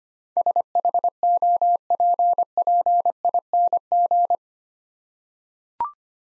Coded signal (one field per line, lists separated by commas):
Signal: Morse code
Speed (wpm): 25 wpm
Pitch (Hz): 700 Hz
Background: none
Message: SHOPPING